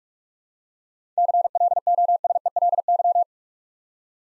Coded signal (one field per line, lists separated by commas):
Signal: Morse code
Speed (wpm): 44 wpm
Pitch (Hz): 700 Hz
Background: none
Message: CLOSELY